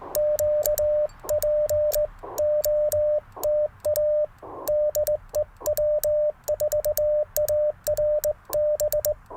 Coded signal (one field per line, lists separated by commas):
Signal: Morse code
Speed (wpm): 19 wpm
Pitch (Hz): 600 Hz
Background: radio noise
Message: QPOTA DE W4ARB